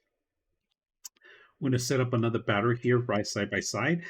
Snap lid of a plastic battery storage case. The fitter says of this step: so if you guys can see here's a case and the battery fits perfect you close it up snaps in place